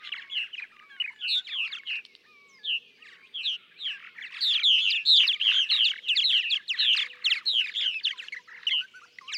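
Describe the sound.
Purple martin song, gurgling warbles and chirps that quieten briefly before swelling into dense, lively chatter.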